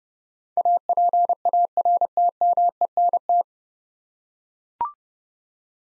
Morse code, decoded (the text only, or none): APARTMENT